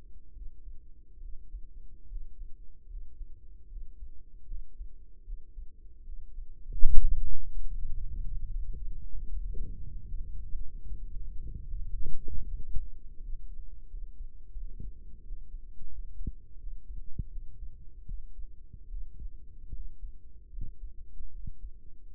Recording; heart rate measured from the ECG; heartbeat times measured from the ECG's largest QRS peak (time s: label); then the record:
heart sounds by microphone in the right ear; 77 bpm
0.31 s: heartbeat
1.19 s: heartbeat
2.06 s: heartbeat
2.86 s: heartbeat
3.66 s: heartbeat
4.45 s: heartbeat
5.23 s: heartbeat
6.03 s: heartbeat
6.84 s: heartbeat
7.65 s: heartbeat
8.46 s: heartbeat
9.25 s: heartbeat
10.05 s: heartbeat
10.85 s: heartbeat
11.66 s: heartbeat
12.44 s: heartbeat
13.18 s: heartbeat
13.87 s: heartbeat
14.55 s: heartbeat
15.22 s: heartbeat
15.88 s: heartbeat
16.57 s: heartbeat
17.28 s: heartbeat
18.04 s: heartbeat
18.87 s: heartbeat
19.71 s: heartbeat
20.49 s: heartbeat
21.29 s: heartbeat
22.13 s: heartbeat
From the record:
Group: healthy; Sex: male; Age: 35 years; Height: 178 cm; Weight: 64 kg